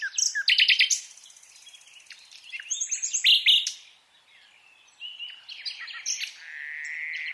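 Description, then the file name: Common nightingale song: loud chattering notes, then mixed trills and pure whistles, ending in a long, slightly rising whistle. "Luscinia megarhynchos"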